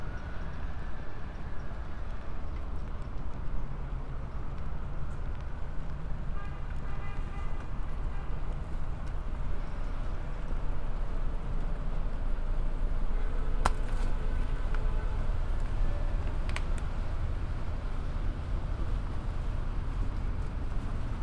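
A steady low rumble of transit travel fills the binaural recording, with faint tonal whines midway and two sharp clicks around fourteen and sixteen seconds.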